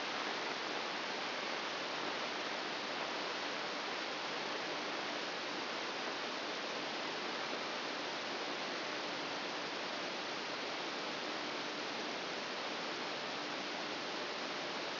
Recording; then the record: brain microelectrode recording played as sound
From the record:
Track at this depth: inside the subthalamic nucleus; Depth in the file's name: 2.405 mm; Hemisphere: right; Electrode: 2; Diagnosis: Parkinson's disease